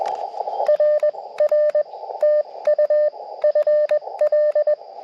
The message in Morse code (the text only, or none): RR TU FL